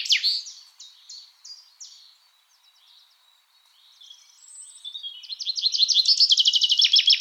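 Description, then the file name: Common chaffinch song, a few spaced sharp notes followed by a loud, fast, ringing trill of repeated notes at the end, with soft bird chirps between. "Fringilla coelebs"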